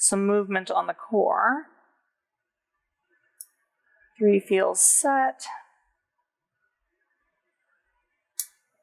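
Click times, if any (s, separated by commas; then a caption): 8.4 s. While a Honda car door lock cylinder is picked wafer by wafer with a Lishi decoder pick, someone talks over quiet handling sounds. A small sharp tick is heard at 3.4 s, and a brief click at 8.4 s marks wafer 4 reaching the shear line and setting.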